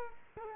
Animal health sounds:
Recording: mosquito wingbeat signal from an infrared sensor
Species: Culex quinquefasciatus

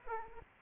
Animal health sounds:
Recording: mosquito wingbeat signal from an infrared sensor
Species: Aedes aegypti

